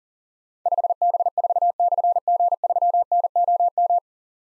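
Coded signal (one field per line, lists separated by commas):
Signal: Morse code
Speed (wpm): 38 wpm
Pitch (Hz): 700 Hz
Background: none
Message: 5B4/G3NOM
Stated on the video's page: Call-sign copy drill at 40 wpm: difficult call signs with slashes, sent in Morse, spoken, then sent again.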